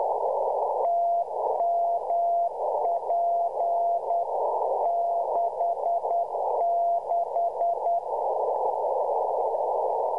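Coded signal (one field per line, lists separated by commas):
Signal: Morse code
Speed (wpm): 10 wpm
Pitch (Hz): 690 Hz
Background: none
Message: TMP 66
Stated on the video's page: Pirate beacon in southwest Arizona sending temperature reports in CW at about 1 watt on 4079.64 kHz, received in the Mojave Desert.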